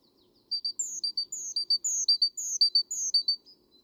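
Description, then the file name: Great tit calls, a fast repeated pattern of a thin high descending note followed by short clipped chips, running steadily for about three seconds with faint low hum beneath. "Parus major"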